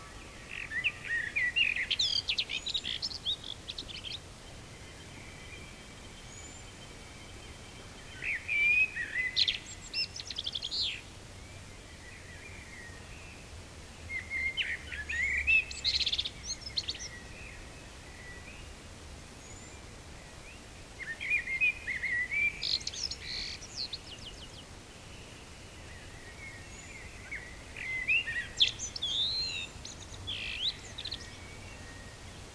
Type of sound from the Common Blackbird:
song